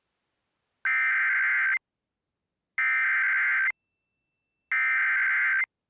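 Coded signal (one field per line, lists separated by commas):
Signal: Emergency Alert System (SAME) tones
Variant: header bursts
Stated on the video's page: Real EAS tones for a Severe Thunderstorm Warning.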